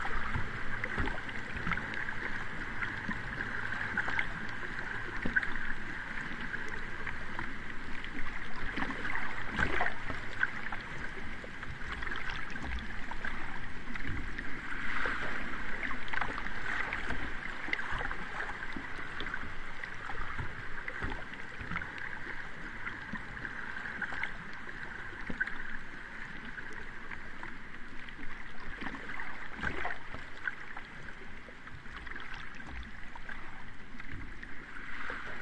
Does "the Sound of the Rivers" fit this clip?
yes